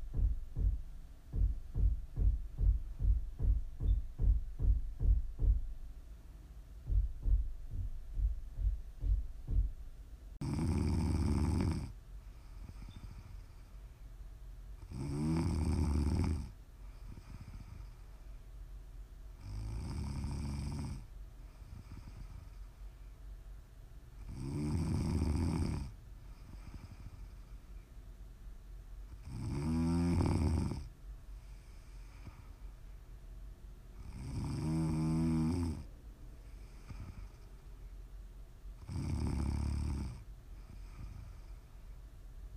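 Loud snoring. For the first ten seconds a fast, low rattling pulse repeats; after that, big raspy snores arrive steadily about every five seconds, each lasting roughly a second, with a quiet low hum between breaths.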